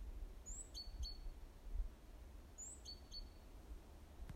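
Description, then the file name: Great tit call: a high, thin downslurred note followed by two short lower notes, given twice about two seconds apart, with low rumble beneath. "Parus major"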